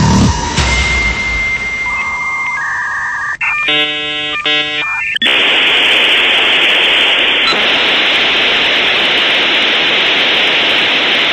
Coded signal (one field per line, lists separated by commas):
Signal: dial-up modem handshake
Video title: Dial-UP modem